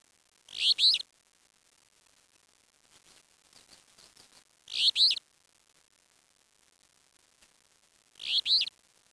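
Bird calls: three loud, harsh, high-pitched bursts, each about half a second long and roughly four seconds apart, with faint softer notes between them.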